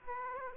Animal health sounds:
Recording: mosquito wingbeat signal from an infrared sensor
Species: Aedes aegypti

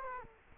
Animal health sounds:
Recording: mosquito wingbeat signal from an infrared sensor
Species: Culex quinquefasciatus

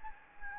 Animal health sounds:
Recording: mosquito wingbeat signal from an infrared sensor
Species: Anopheles gambiae

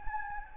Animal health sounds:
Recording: mosquito wingbeat signal from an infrared sensor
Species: Anopheles gambiae

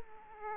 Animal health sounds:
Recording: mosquito wingbeat signal from an infrared sensor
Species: Aedes aegypti

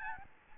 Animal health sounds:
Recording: mosquito wingbeat signal from an infrared sensor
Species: Aedes albopictus

